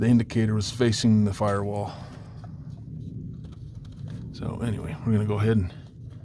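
A quick-connect vacuum hose is handled near the new engine vacuum pump fitting on a 3.5 EcoBoost F-150, about to be pushed straight on until it clicks. Someone talks at the start and end, with faint handling ticks in the quieter middle. Nothing has seated or clicked yet when the clip ends.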